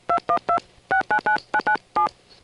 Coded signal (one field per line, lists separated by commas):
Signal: DTMF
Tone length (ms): 100 ms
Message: 212699997